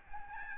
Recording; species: mosquito wingbeat signal from an infrared sensor; Aedes albopictus